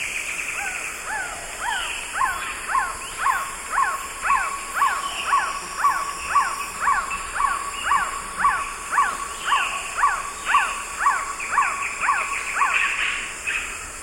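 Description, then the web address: Black-tailed Trogon giving a long, steady series of short hooting notes, about two per second, over a constant high insect drone. Recorded in the eastern lowlands of South America. "Natures Songs S America Eastern Lowlands Black-tailed Trogon"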